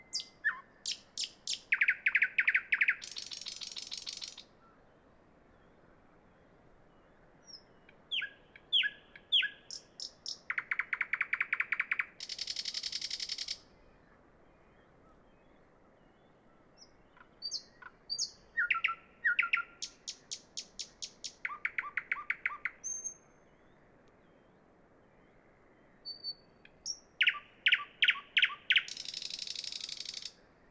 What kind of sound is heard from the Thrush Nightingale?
song